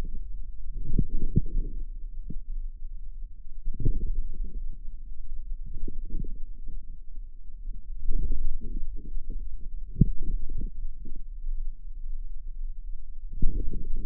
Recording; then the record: forearm muscle sounds (acoustic myography)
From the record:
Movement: inward rotation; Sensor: system 2, bracelet of six BSWA MPA416 microphones around the upper forearm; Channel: 4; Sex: female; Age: 23 years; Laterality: right